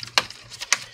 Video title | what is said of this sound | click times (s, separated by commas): Dell Inspiron 14 7000 P126G Upgrade M2 SSD | when you hear that little click that means you have reach is maximum it doesn't come off | 0.2 s, 0.7 s